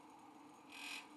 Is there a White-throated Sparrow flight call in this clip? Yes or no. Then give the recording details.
no. No flight call is heard. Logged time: 09:35 on 5 December 2014